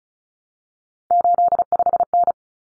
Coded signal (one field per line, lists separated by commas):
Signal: Morse code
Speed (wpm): 34 wpm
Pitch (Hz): 700 Hz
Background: none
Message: 85N